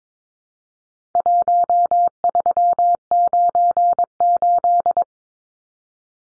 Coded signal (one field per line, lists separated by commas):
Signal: Morse code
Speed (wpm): 22 wpm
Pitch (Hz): 700 Hz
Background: none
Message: 1398